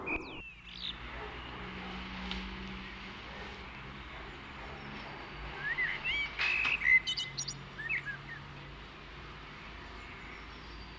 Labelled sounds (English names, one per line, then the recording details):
Common Blackbird song
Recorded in the wild
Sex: male
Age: adult
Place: Garmisch-Partenkirchen, Bayern, DE
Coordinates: 47.4892, 11.1467
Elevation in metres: 955
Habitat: mountains
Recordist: Tretzel, Erwin